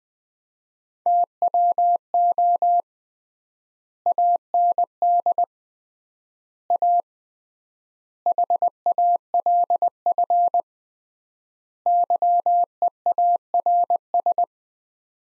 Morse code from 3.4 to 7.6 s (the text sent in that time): AND A